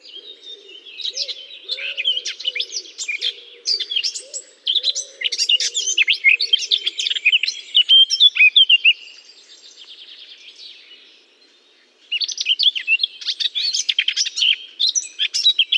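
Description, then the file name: Eurasian blackcap singing two long bursts of rich, rapid warbling separated by a short gap, with soft, low, repeated cooing beneath the first burst. Singing in holly. "chant de fauvette a tete noire dans houx"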